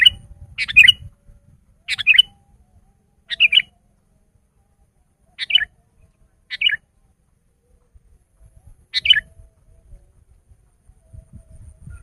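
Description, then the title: Sooty-headed bulbul song: six short chirpy bubbly phrases spaced one to three seconds apart, over low rumbling background noise. "kutilang"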